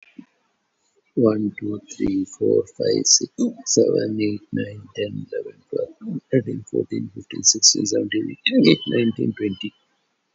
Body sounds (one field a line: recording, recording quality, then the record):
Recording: counting at a normal pace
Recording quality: excellent, no background noise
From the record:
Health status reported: COVID-19 positive, mild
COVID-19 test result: positive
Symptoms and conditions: pneumonia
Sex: male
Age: 60 years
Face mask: worn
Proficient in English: yes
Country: India